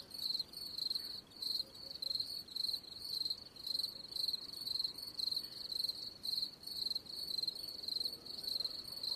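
Cricket giving steady high-pitched chirps, each a quick pulsed burst, repeated roughly twice a second without pause.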